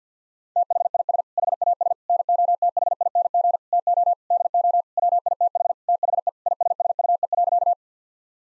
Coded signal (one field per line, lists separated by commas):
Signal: Morse code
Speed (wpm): 50 wpm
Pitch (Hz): 700 Hz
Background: none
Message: THIS HAS NOTHING TO DO WITH THE ISSUE.